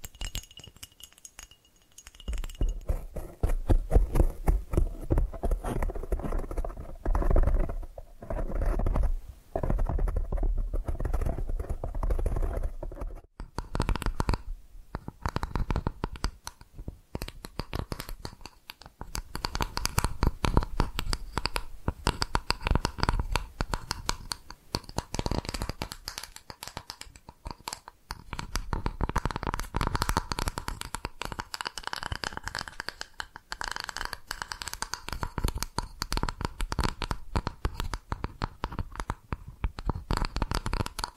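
Brisk tapping and scratching triggers in dense, uneven bursts, with short pauses near 2, 14 and 17 seconds and brighter tapping later.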